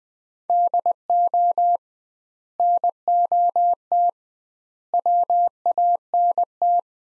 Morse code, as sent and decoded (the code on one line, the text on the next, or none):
-.. --- / -. --- - / .-- .- -. -
DO NOT WANT